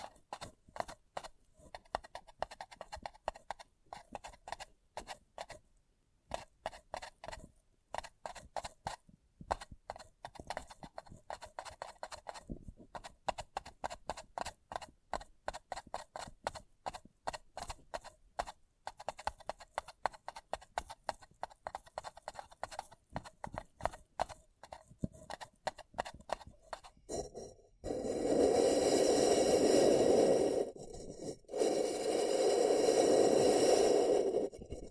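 Fingertips tap and scratch on a paper cup in quick, uneven bursts of dry little clicks, with short pauses between runs. Just before the end the sound turns into a louder, continuous crinkling rub that breaks off once, briefly, and resumes.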